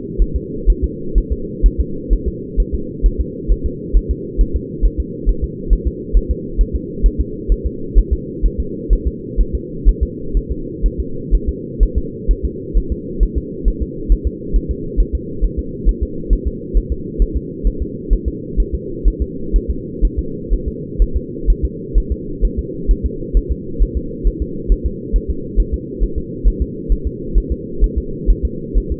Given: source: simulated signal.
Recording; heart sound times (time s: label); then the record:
fetal heart sounds
0.22 s: S1
0.36 s: S2
0.70 s: S1
0.84 s: S2
1.18 s: S1
1.33 s: S2
1.66 s: S1
1.80 s: S2
2.13 s: S1
2.28 s: S2
2.60 s: S1
2.75 s: S2
3.06 s: S1
3.21 s: S2
3.52 s: S1
3.66 s: S2
3.97 s: S1
4.11 s: S2
4.41 s: S1
4.56 s: S2
4.85 s: S1
5.00 s: S2
5.29 s: S1
5.44 s: S2
5.73 s: S1
5.88 s: S2
6.17 s: S1
6.31 s: S2
6.61 s: S1
6.75 s: S2
7.06 s: S1
7.21 s: S2
7.52 s: S1
7.66 s: S2
7.99 s: S1
8.13 s: S2
8.46 s: S1
8.60 s: S2
8.93 s: S1
9.08 s: S2
9.41 s: S1
9.55 s: S2
9.89 s: S1
10.03 s: S2
10.37 s: S1
10.52 s: S2
10.86 s: S1
11.00 s: S2
11.35 s: S1
11.49 s: S2
11.83 s: S1
11.98 s: S2
12.31 s: S1
12.45 s: S2
12.78 s: S1
12.92 s: S2
13.23 s: S1
13.38 s: S2
13.68 s: S1
13.82 s: S2
14.12 s: S1
14.27 s: S2
14.56 s: S1
14.71 s: S2
15.00 s: S1
15.15 s: S2
15.44 s: S1
15.59 s: S2
15.89 s: S1
16.03 s: S2
16.33 s: S1
16.47 s: S2
16.77 s: S1
16.92 s: S2
17.22 s: S1
17.37 s: S2
17.67 s: S1
17.82 s: S2
18.13 s: S1
18.28 s: S2
18.60 s: S1
18.75 s: S2
19.08 s: S1
19.22 s: S2
19.56 s: S1
19.71 s: S2
20.05 s: S1
20.19 s: S2
20.53 s: S1
20.68 s: S2
21.02 s: S1
21.16 s: S2
21.50 s: S1
21.65 s: S2
21.98 s: S1
22.12 s: S2
22.45 s: S1
22.59 s: S2
22.91 s: S1
23.06 s: S2
23.37 s: S1
23.52 s: S2
23.82 s: S1
23.97 s: S2
24.27 s: S1
24.42 s: S2
24.72 s: S1
24.86 s: S2
25.16 s: S1
25.30 s: S2
25.60 s: S1
25.74 s: S2
26.03 s: S1
26.18 s: S2
26.48 s: S1
26.62 s: S2
26.92 s: S1
27.07 s: S2
27.38 s: S1
27.52 s: S2
27.84 s: S1
27.98 s: S2
28.30 s: S1
28.45 s: S2
28.78 s: S1
28.92 s: S2
From the record:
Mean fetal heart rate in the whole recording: 130 bpm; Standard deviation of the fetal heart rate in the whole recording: 2 bpm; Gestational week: 36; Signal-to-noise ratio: -4.3 dB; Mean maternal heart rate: 72 bpm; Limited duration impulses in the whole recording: absent